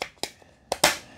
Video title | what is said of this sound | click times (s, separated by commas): LG Refrigerator (LT120F) Fresh Air Filter Review & How to Replace | and it just snaps into place now let's go put it back in | 0.8 s